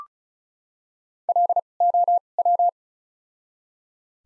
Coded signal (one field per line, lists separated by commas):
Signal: Morse code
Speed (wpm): 36 wpm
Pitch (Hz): 700 Hz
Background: none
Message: L O W